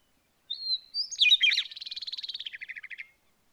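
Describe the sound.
Songbird phrase: a high whistled lead-in, a tangled chirping flourish, then a rapid rattling trill that slowly drops in pitch before ending.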